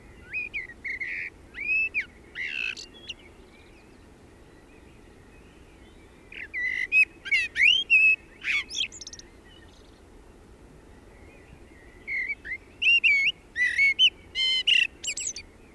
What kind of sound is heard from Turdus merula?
song